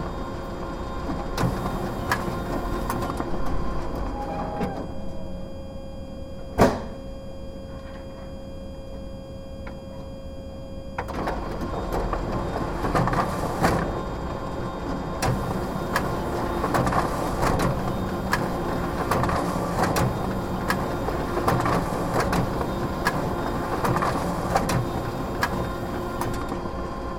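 A photocopier running, heard from inside its tray: a constant low mechanical rumble with a steady tone underneath. Rapid clicks and rattles come and go, with a sharp knock near seven seconds, a quieter stretch, then busier whirring and clattering from about eleven seconds on.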